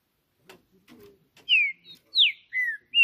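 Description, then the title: Green-winged saltator song: a few faint low sounds, then four loud whistled notes, mostly falling in pitch. Singing on a roof during a song contest (disputa); chirping, singing and 'macheando' (male-style song); birds named Justiceiro and FBI. "TRINCA Piando, Cantando E Macheando Na DISPUTA. Trinca Ferro CANTANDO MUITO de CARA em CIMA do TELHADO! Disputa. TRINCA JUSTICEIRO & FBI"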